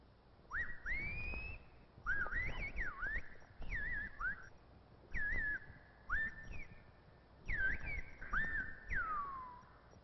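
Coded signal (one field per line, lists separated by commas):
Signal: whistled language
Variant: Silbo Gomero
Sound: about six phrases of a rising and falling whistle, pitch sliding continuously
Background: low background rumble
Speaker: So, the Gomeras contrived an extraordinary form of telephonic speech, whistling, which can be understood over a distance of 3 differences in pitch. This whistling language is of great interest to linguistic scientists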